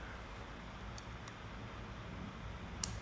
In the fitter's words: hear that click